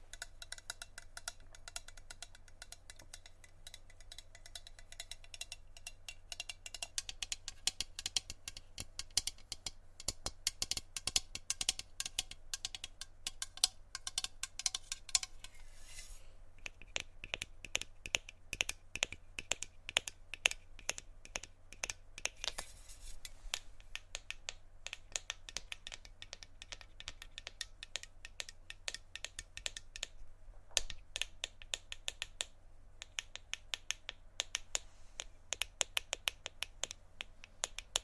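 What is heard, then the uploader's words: Tapping on assorted objects, a fast, dense run of sharp little clicks and knocks that continues for the whole stretch, with brief lulls near 16, 23 and 30 seconds. Some taps ring brighter than others. A low steady hum sits underneath throughout. ASMR Tapping On Random Objects.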